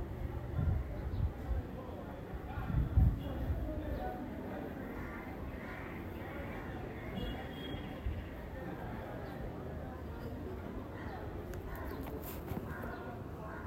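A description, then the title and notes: A steady murmur of voices and street activity carries up to the rooftop of the Zanzibar Coffee House. A few louder, low thumps and bumps stand out in the first three seconds, then the hum settles into an even, busy wash with faint brighter clinks near the end. Sounds of Zanzibar. Experience the sounds from the rooftop of the Zanzibar Coffee House.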